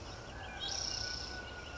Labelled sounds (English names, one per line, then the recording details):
Spotted Towhee
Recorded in Sonoma County, California